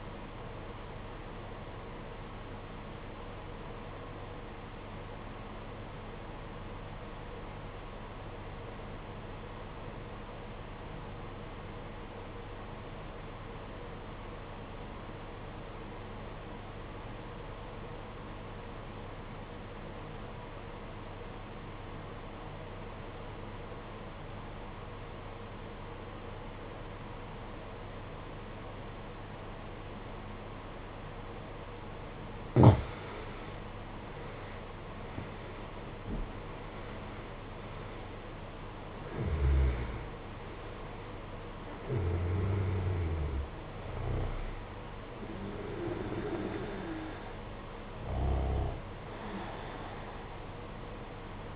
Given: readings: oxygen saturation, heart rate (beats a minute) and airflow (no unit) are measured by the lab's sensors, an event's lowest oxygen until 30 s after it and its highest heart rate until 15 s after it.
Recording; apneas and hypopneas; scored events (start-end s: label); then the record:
breathing in sleep by a voice recorder at the bedside; 1
3.00-33.40 s: obstructive apnea (N2, oxygen 95% highest, then 80% lowest, heart rate 52 at the start, 76 highest)
From the record:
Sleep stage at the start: N2 (light sleep); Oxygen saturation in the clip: 82 to 95%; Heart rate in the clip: 48 to 76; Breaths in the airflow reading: 6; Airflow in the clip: -13.8 to 16.7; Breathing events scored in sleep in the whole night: 476 in 9.7 hours asleep